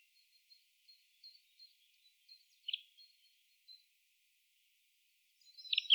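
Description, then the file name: Eurasian blackcap calls, short high chips and faint ticks scattered through a quiet background, with a louder burst of notes near the end. "Sylvia atricapilla"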